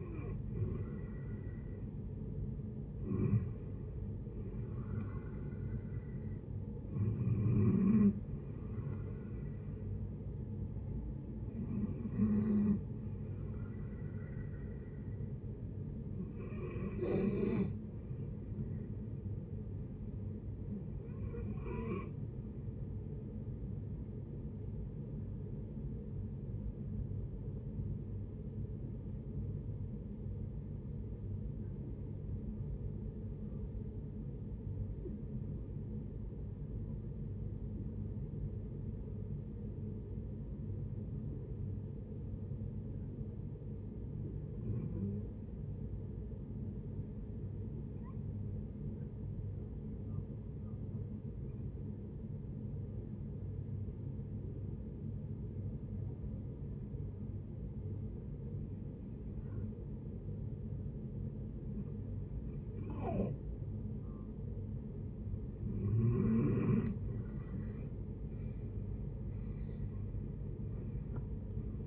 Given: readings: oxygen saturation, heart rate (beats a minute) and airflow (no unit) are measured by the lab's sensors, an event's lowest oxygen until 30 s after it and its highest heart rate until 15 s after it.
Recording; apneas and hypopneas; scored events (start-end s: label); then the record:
breathing in sleep by a smartphone at the bedside; 1
26.00-63.10 s: hypopnea (REM, oxygen 95% highest, then 66% lowest, heart rate 76 at the start, 92 highest)
From the record:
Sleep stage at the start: REM sleep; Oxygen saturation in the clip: 69 to 95%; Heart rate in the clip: 54 to 83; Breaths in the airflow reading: 16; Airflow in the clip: -12.5 to 16.1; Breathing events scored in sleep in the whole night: 496 in 5.4 hours asleep